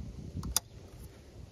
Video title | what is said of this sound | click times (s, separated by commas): 2006-20 Ford Focus/Transit Connect Intake Air Tube Replacement | up your PCB hose till you hear it click | 0.6 s